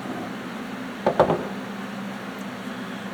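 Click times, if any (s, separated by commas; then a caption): 1.1 s, 1.2 s. The ball valve handle on a compressed-air outlet block is turned to off and clicks into its detent, with two short clicks at 1.1 s and 1.2 s over a steady low hum. The valve seats in the off position.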